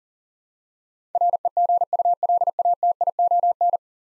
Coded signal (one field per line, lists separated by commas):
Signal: Morse code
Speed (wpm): 40 wpm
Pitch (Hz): 700 Hz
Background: none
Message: REGULATION